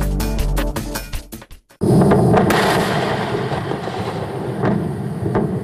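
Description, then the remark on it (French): A Falcon 9 rocket explodes on its launch pad at Cape Canaveral on 1 September, disintegrating within seconds along with an Israeli telecommunications satellite: a burst of sharp crackling pops, a split-second hush, then a huge booming blast that rolls into a loud, sustained rumbling roar. “L'explosion a eu lieu le 1er septembre dernier sur le pas de tir de Cap Canaveral.”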